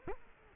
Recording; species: mosquito wingbeat signal from an infrared sensor; Culex quinquefasciatus